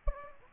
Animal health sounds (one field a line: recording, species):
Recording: mosquito wingbeat signal from an infrared sensor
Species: Anopheles gambiae